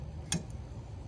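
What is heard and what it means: A new rear wiper blade on a Chevy Equinox or GMC Terrain has its loop swung around onto the rear wiper arm. At 0.3 s, a sharp, bright click rings out as the plastic retainer snaps into place, followed by a faint tick near 0.5 s. The blade is seated on the arm.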